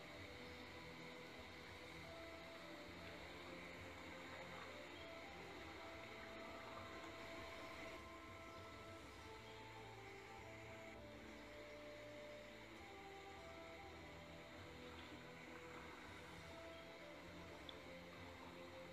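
A boat ride through the rainforest carries a steady, dense engine drone with shifting low tones and faint bright hiss, unchanging for the whole stretch.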